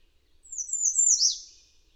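Bird song: a single high, thin phrase of quick slurred whistles that slide downward in pitch over about one second, with nothing else audible.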